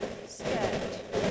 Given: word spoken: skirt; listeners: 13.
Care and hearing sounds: one English word in noise, from a listening test; noise modulated by three-talker babble; -6.4 dB; 6 of 13; 6 of 13; 0.91 s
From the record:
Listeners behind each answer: 6, 6, 1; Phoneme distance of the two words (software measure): 20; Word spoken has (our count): 1 syllable, 4 phonemes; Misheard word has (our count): 1 syllable, 4 phonemes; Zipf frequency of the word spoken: 3.81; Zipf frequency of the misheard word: 4.81

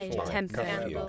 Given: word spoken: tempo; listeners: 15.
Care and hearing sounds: one English word in noise, from a listening test; four-talker babble; -1.5 dB; 0 of 15; 10 of 15; 0.69 s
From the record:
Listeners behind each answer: 10, 2, 1, 1, 1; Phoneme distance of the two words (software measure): 10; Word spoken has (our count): 2 syllables, 5 phonemes, stress on syllable 1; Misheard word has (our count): 2 syllables, 5 phonemes, stress on syllable 1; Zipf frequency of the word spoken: 3.59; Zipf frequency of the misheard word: 3.79

